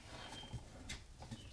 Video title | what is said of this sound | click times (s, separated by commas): MLok and Keymod Adaptors for Every Occasion. From 'Murica! GrovTec! | lock it there we go so that just locks into place and then that | 0.9 s